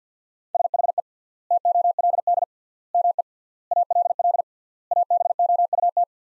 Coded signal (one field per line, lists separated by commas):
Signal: Morse code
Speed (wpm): 50 wpm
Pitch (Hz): 700 Hz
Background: none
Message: SHE TOLD ME ALL ABOUT